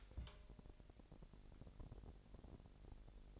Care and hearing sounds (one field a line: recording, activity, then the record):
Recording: daily activity, microphone in the room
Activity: take from stove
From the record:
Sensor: 5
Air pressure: 1002.0 hPa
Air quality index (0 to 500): 248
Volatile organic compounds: 9 ppm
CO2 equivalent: 2155 ppm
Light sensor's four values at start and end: 20/44/19/22 and 21/45/20/22